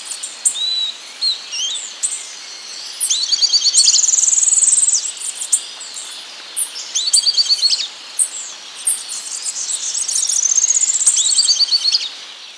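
Bird calls: high thin chirps and quick whistled phrases repeated in bursts.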